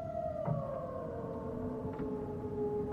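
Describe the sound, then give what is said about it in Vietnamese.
A long, mournful roar from a giant phantom Dao Long dragon soaring into the sky of another world, a sustained tonal wail with layered harmonics that slowly glides downward in pitch, holding steady and moderately loud for the whole stretch with no talking. “Hư ảnh Dao Long vừa xuất hiện đã bay vụt lên không trung, ngửa cổ gầm lên những tiếng bi thống trên bầu trời của dị giới.”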